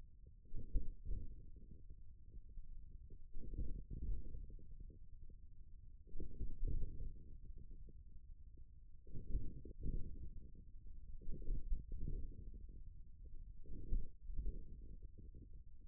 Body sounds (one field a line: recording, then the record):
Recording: forearm muscle sounds (acoustic myography)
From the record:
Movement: wrist flexion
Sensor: system 1, eight BSWA MPA416 microphones around the upper forearm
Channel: 6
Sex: male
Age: 41 years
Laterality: right